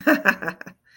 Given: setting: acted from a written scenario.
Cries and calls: vocal sound without words; amusement

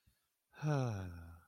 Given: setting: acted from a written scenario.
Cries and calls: vocal sound without words; pride

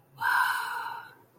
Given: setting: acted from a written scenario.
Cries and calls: vocal sound without words; awe

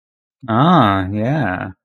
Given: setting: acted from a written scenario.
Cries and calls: vocal sound without words; interest

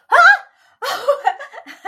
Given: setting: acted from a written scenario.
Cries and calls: vocal sound without words; positive surprise

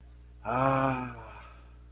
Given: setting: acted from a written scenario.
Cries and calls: vocal sound without words; relief

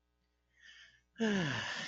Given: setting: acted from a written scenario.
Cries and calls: vocal sound without words; contentment

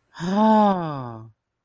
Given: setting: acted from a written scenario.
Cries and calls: vocal sound without words; awe

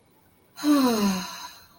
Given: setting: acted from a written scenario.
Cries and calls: vocal sound without words; ecstasy

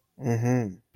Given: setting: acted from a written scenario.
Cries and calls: vocal sound without words; pride

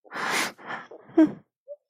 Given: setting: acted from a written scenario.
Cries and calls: vocal sound without words; fear

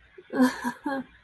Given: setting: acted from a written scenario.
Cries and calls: vocal sound without words; embarrassment

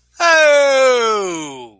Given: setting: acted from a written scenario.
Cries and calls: vocal sound without words; triumph

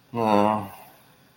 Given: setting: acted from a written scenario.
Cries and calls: vocal sound without words; guilt

